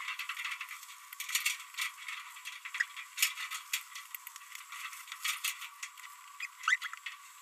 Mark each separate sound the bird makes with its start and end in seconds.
6.41-6.45, 6.64-6.76, 6.82-6.87